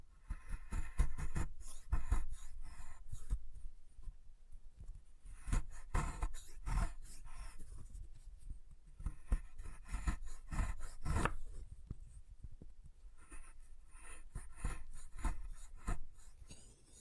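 Chalk being carved and cut, heard as repeated scraping and rasping strokes with sharp, bright edges. The strokes come in irregular bursts a second or so apart, some harder clicks standing out near 6 and 11 seconds, with brief quieter gaps between.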